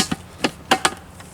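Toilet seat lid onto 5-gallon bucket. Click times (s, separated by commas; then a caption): 0.7 s, 0.8 s. A plastic toilet seat lid, made to snap right over the top, is pressed down over the rim of a 5-gallon bucket. Two softer knocks come first, then sharp snaps at 0.7 and 0.9 seconds as it seats onto the bucket rim.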